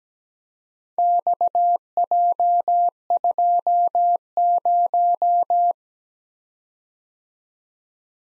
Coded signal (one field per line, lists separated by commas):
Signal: Morse code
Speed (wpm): 19 wpm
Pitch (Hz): 700 Hz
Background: none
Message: XJ20